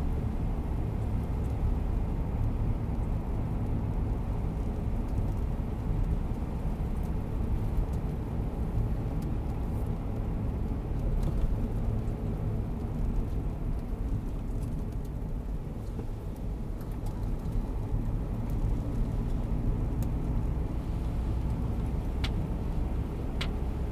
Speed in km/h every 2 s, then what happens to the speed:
66, 65, 67, 67, 66, 65, 61, 51, 50, 52, 56, 61.
0-11 steady at about 66. 11-15 brakes to 50. 15-24 speeds up to 61.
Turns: none.